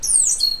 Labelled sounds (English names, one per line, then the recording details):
Stitchbird song
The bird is a male
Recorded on Tiritiri Matangi Island, New Zealand, in 2005
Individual 2, of nest box 2